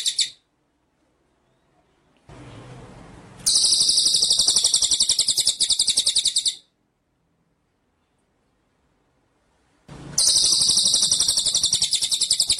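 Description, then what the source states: White-rumped shama song: rapid high rolling trills in two long bursts separated by silence, each introduced by a stretch of hissing noise. Masteran (training) track; full rolling (ngerol) and shooting (nembak) song style.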